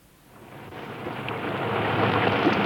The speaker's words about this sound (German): Da, sehen Sie, es fängt an zu regnen.